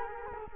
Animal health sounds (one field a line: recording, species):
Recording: mosquito wingbeat signal from an infrared sensor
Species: Culex quinquefasciatus